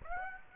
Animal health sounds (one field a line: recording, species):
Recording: mosquito wingbeat signal from an infrared sensor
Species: Aedes aegypti